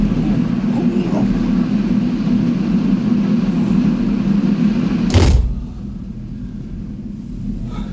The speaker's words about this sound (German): Er machte Jonathan ein Zeichen, die Waggontür zu öffnen.